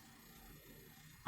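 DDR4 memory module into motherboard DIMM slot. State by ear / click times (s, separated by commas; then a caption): not seated / none. A DDR4 memory module is pressed into a motherboard DIMM slot, but it is inserted backwards. Quiet low rustling and handling run through the clip, then a short, sharp burst of sound hits at about 1.3 s. The module has not seated or clicked yet.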